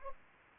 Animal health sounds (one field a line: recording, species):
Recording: mosquito wingbeat signal from an infrared sensor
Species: Anopheles arabiensis